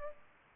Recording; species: mosquito wingbeat signal from an infrared sensor; Aedes aegypti